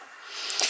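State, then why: Seated. A cut-out dressmaker's mannequin piece from a mixed-media craft project is pressed into its slot on the base. A soft, rising hiss builds through the clip, then two short clicks at 0.5 s and 0.6 s mark the piece clipping into place. It seats firmly, well enough that glue is probably not needed.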